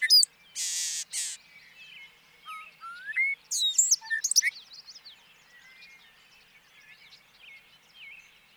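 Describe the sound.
Bobolink song: a bubbling, tumbling jumble of metallic notes and rapid slurred whistles, with a buzzy burst at the start, trailing off into softer twittering.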